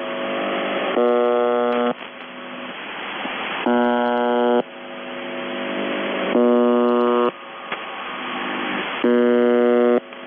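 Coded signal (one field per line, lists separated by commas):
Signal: numbers station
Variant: UVB-76 (The Buzzer)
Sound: repeated one-second harsh low buzzes, about four in ten seconds, amid hiss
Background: radio static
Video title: The Buzzer/UVB-76(4625Khz) June 24, 2021 07:54UTC Voice message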